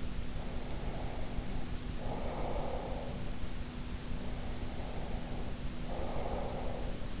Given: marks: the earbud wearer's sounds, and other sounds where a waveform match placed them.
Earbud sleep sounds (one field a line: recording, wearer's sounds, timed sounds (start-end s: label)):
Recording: sounds in sleep by an in-ear microphone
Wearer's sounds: breath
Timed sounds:
0.30-3.38 s: breath
4.09-7.20 s: breath